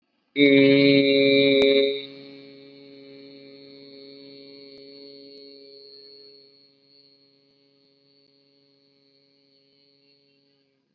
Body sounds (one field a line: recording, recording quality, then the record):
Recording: sustained vowel as in made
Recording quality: excellent, no background noise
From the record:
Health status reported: COVID-19 positive, no symptoms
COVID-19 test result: positive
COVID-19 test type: RT-PCR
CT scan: not taken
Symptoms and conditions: sore throat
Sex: male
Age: 18 years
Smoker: no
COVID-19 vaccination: one dose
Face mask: worn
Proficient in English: no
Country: India